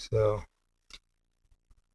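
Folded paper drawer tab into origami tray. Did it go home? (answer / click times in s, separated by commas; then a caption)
no / none. Someone talks as the folded paper points of an origami drawer tab are tucked in and the drawer piece is slid further into the origami tray to lock it. Only soft, brief paper scraping sounds follow, with no clear click. The tuck lock fails and nothing has locked into place.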